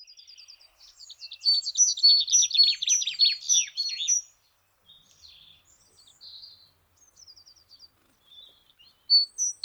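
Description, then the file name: Great tit song of repeated two-note whistles, high then lower, mixed with rapid trilling notes; scattered soft chirps follow. "Parus major"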